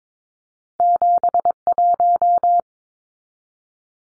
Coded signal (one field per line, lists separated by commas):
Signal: Morse code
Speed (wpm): 22 wpm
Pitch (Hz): 700 Hz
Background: none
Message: 71